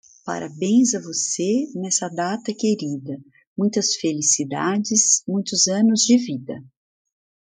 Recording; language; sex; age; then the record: short text; Brazilian Portuguese; female; 50 to 59 years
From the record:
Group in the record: control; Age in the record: 57 years